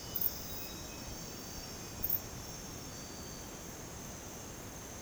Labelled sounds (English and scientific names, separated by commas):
none